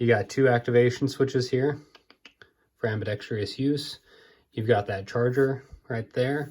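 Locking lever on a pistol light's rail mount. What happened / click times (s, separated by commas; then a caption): Handled, not yet locked: no seating of the rail lock lever yet / none. Someone talks while handling an Olight PL-mini 2 Valkyrie pistol light, pointing out its two ambidextrous activation switches and its charger, with a few faint, short ticks around 2.1, 2.3 and 2.4 seconds during a pause. The folding locking lever on the light's rail mount is being handled but has not yet been folded over and locked into place, so nothing has seated yet.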